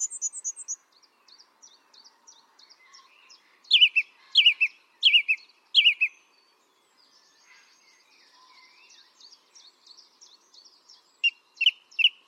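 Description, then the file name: Song thrush song: soft high twitters, then a loud falling note repeated four times, quieter notes, and a short repeated phrase at the end. "Pevchij drozd - Pesnya pevchego drozda"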